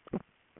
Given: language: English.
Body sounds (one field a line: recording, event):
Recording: throat vibration sensor signal played as sound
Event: swallow